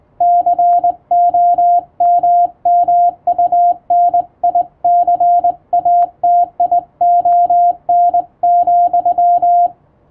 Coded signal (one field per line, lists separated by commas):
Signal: Morse code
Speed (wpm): 20 wpm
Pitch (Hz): 700 Hz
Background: music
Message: COMMUNICATION,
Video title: 【URGENT POST】Thank you ! Over 1000 subscribers ! I'll say thank you in Morse code !